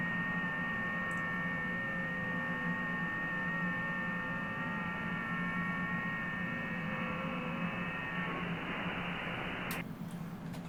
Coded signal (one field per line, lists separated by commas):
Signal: FT8